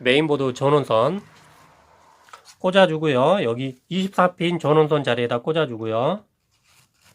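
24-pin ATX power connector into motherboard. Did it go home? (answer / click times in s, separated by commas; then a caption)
no / none. A 24-pin ATX power connector is handled at the motherboard's 24-pin power header while someone talks, with a couple of faint taps around 2.3 s between phrases. The cable has not been pushed home yet, and nothing has seated or clicked.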